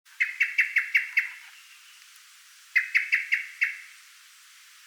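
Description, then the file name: Common blackbird giving sharp chink notes in two rapid runs of five or six, a quiet gap between them, then a single closing note. "Turdus merula"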